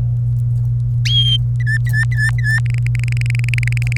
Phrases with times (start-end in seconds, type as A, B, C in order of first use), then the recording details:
1.60-2.60 A, 2.66-3.97 B. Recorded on 26 April 2018 at 18:20. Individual llb3